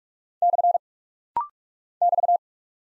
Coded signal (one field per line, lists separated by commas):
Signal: Morse code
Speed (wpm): 44 wpm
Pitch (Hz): 700 Hz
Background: none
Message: / <BT>